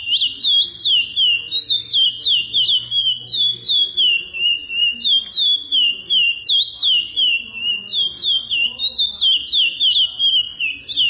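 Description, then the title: Chestnut-bellied seed finch song: a continuous stream of clear, high whistled slurs, rising and falling in quick pulses about three per second, with a faint low hum underneath. "Canto De Curio"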